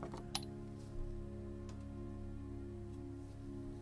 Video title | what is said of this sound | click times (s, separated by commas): MENG 1/35 GAZ 233115 SPN SPV TIGER FINAL | Just hold you, and we'll get a click right there too. | 0.4 s